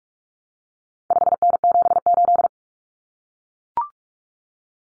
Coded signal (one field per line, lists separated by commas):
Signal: Morse code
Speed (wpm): 44 wpm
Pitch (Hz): 700 Hz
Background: none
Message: 5N78